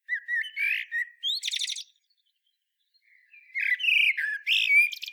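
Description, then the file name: Common blackbird giving rich fluty notes and a rapid high chattering flourish, then a short pause before another warbled phrase. "Turdus merula"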